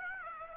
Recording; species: mosquito wingbeat signal from an infrared sensor; Aedes aegypti